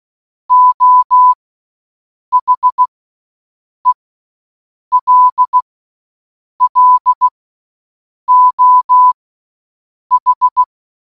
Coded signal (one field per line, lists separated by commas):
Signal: Morse code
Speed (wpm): 16 wpm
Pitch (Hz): 1000 Hz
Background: none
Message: O HELLO H